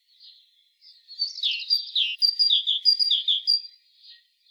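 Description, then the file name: Great tit giving a quick run of high chirping notes in a burst lasting about three seconds, with softer single notes before and after. "Parus major"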